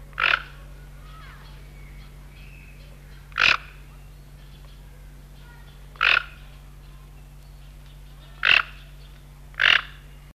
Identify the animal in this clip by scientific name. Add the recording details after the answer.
Ramphastos toco. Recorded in captivity. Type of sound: call. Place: Zoo London, England, GB. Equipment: Halbspur, 9,5 cm/s. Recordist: Lütgens, Hans. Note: Rufe